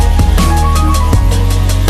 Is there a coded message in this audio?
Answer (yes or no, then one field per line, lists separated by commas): no